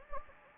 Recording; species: mosquito wingbeat signal from an infrared sensor; Anopheles gambiae